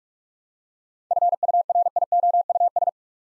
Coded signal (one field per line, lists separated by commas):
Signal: Morse code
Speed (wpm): 44 wpm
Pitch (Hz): 700 Hz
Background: none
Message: FURIOUS